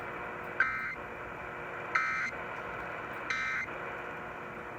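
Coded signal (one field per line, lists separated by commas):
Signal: Emergency Alert System (SAME) tones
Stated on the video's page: A night of multiple alerts.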